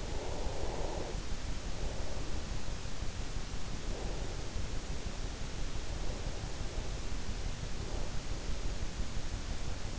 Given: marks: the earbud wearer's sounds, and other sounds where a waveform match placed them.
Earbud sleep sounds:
sounds in sleep by an in-ear microphone; breath
0.00-1.35 s: breath

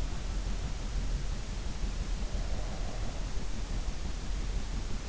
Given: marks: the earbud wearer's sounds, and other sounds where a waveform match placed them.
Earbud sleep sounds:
sounds in sleep by an in-ear microphone; breath
2.26-3.50 s: breath

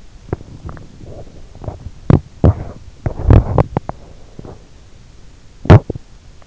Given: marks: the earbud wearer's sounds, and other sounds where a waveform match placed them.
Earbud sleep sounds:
sounds in sleep by an in-ear microphone; teeth grinding
0.31-6.08 s: teeth grinding

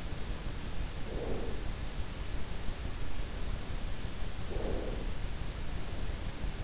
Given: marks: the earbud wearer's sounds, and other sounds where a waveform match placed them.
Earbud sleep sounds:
sounds in sleep by an in-ear microphone; breath
0.77-2.07 s: breath
4.22-5.44 s: breath

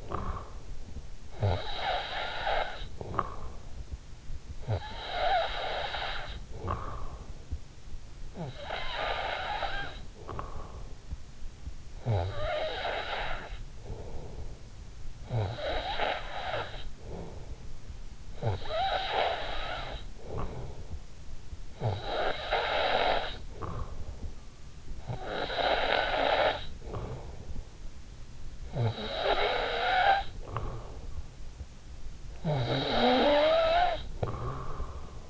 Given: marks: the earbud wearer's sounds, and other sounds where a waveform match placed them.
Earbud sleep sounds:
sounds in sleep by an in-ear microphone; snoring breath
0.00-35.30 s: snoring breath

